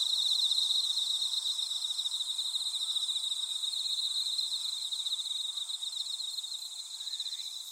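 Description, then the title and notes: Insect chorus of dense high trilling, one pulsing band with a thinner shrill band higher up, unbroken and fading slightly toward the end. Insects calling in a grassy patch. "草むらにいる虫の声"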